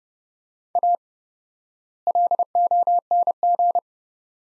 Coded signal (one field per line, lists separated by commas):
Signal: Morse code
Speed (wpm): 30 wpm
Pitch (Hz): 700 Hz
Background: none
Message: A LONG